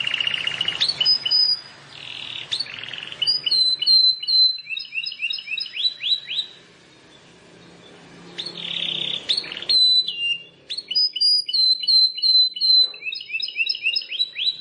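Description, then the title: Plain prinia song: rapid series of high, sharp chirping notes, some rising, broken by brief buzzy wheezing bursts and short pauses. "Ciblek Sawah"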